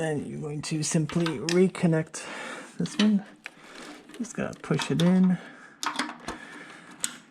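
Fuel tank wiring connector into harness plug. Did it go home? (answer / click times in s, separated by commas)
yes / 7.0 s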